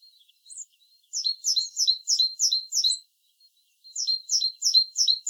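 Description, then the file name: Great tit giving fast runs of bright, two-toned notes, several in each run, with a brief silence between runs and a few soft notes at the start. "Parus major"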